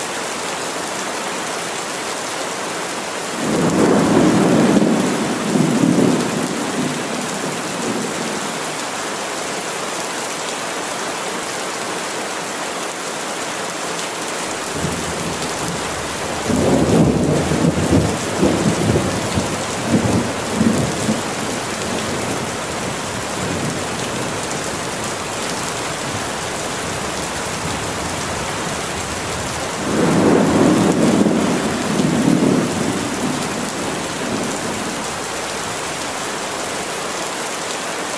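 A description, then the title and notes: Steady rain hisses throughout, an even, dense wash of bright patter. Three swelling rumbles of thunder rise over it, around 4 seconds, from 15 to 22 seconds, and again near 30 seconds, each rolling for several seconds before fading back into the rain. Rain and Thunder.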